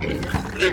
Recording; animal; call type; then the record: contact call of a hoofed animal; wild boar; grunt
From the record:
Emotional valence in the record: negative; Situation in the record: naturally occurring agonistic interactions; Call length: 0.73 s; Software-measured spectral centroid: 2560 Hz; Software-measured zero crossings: 2090 a second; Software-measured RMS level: -23 dBFS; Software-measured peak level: -11 dBFS